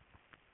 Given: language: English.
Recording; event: throat vibration sensor signal played as sound; swallow